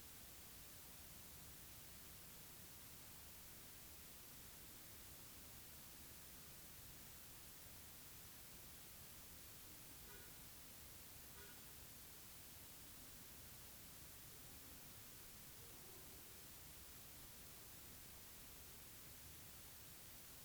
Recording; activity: daily activity, guitar pickup as the sensor; sit